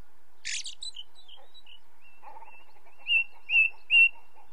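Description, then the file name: Ring ouzel song: soft scratchy twitters at first, then three loud whistled notes at the end, each slightly stronger than the last. Light natural background noise. "belozobij drozd na fone legkij shum prirodi"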